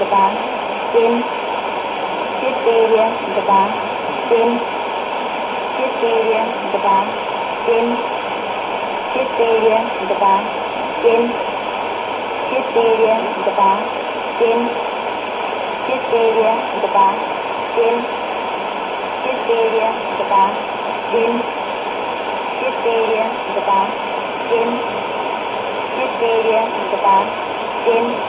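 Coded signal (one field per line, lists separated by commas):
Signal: numbers station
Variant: S06s Russian Lady, Russian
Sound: woman's voice reading short words at a steady even pace through hissy radio static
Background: radio static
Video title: 13 06 2017 Numbers station S06s Russian Lady in Russian to Eu 0730 on 7365 unknown tx site in CUSB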